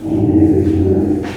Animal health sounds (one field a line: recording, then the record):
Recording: squeal of a Yucatan mini pig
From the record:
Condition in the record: before surgery on the right vocal fold (resection and tissue-engineered implant)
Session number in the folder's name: 2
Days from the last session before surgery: -15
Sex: female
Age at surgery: 19 weeks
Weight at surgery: 25 kg